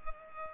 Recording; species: mosquito wingbeat signal from an infrared sensor; Culex pipiens